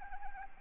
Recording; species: mosquito wingbeat signal from an infrared sensor; Anopheles arabiensis